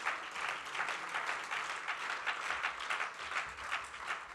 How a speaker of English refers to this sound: Amen. Oh, clap your hands to the Lord in this place.